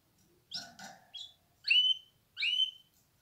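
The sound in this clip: Canary calls: a couple of rough, harsh notes followed by a few clearer chirps, spaced apart.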